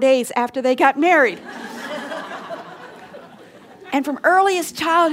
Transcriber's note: laughter